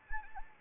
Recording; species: mosquito wingbeat signal from an infrared sensor; Anopheles arabiensis